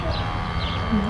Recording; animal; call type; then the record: contact call of a hoofed animal; cattle; low-frequency (closed-mouth) or high-frequency (open-mouth) call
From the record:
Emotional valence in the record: negative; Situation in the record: full separation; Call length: 1.10 s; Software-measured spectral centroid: 2100 Hz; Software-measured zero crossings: 1780 a second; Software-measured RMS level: -24 dBFS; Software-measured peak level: -10 dBFS